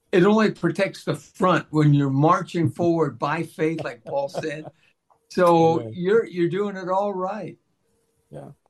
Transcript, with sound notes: It only protects the front when you're marching forward by faith, like Paul said.
(laughs) Yeah.
So you're, you're doing it all right.
Yeah.